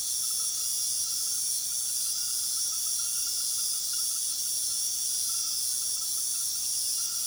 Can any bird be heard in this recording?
no